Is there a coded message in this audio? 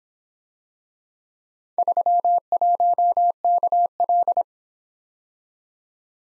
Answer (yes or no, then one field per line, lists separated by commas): yes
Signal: Morse code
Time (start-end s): 1.8-4.4 s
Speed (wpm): 26 wpm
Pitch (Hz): 700 Hz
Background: none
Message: 31KL